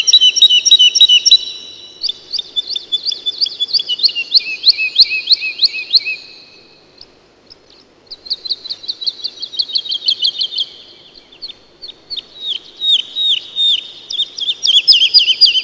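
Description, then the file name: Woodlark singing several phrases of rapidly repeated whistled notes separated by brief pauses, over a quiet low background. "жаворонок лесной"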